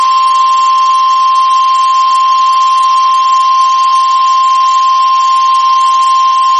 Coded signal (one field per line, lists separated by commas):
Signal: Emergency Alert System (SAME) tones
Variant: 1050 Hz attention tone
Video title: Severe thunderstorm warning and station ID on WXJ96 (Eas 36)